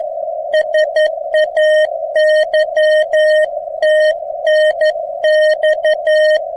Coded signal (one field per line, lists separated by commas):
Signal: Morse code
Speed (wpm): 12 wpm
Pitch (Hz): 620 Hz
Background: radio noise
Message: SAY TNX